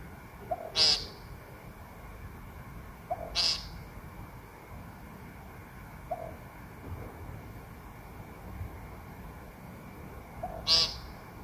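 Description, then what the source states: Woodcock giving short, harsh, buzzy nasal calls, each preceded by a soft low note, three calls spaced irregularly throughout, with a faint low note alone between them. Captured on a smartphone; a quiet whoop, possibly an in-drawn breath, comes just before every call.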